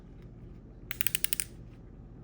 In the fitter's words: we've heard the clicking stop, so it should be open.